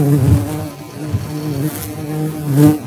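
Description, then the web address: Bumblebee giving a low, steady droning buzz with slight wavering in pitch and loudness throughout. Queens. "Balteatus queens"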